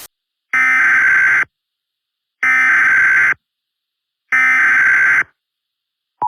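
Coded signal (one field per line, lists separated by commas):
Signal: Emergency Alert System (SAME) tones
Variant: header bursts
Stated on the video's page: Fictional EAS scenario made in Garry's Mod; the alert is simulated.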